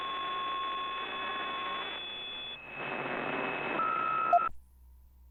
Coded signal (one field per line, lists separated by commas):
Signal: PSK63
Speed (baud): 62.5 baud